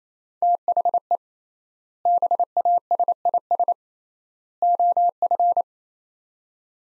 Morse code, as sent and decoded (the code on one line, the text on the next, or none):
- .... . / -... .- ... .. ... / --- ..-.
THE BASIS OF